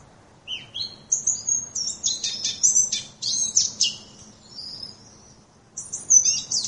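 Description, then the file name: Eurasian blackcap singing short bursts of high, varied warbling notes, a pause near the end, then a final bright flourish. "moenchsgrasmuecke"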